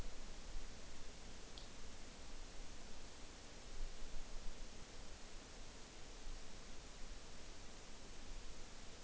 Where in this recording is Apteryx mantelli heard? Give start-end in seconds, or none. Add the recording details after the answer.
none. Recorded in New Zealand on 5 June 2013. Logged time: 02:19